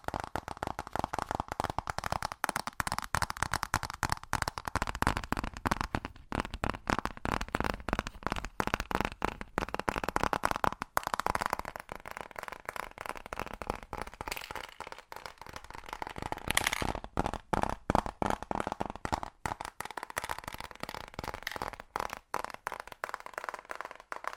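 Fast tapping runs the whole way through, a dense stream of sharp, quick clicks with almost no gaps. The taps keep a lively, slightly uneven rhythm, their tone bright and crackly, easing a little around the middle before picking up again near the end.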